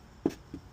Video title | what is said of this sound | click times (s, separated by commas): Oil Change / Oil Service for Volkswagen Beetle (A5) | And then this cover kind of pops right in. | 0.3 s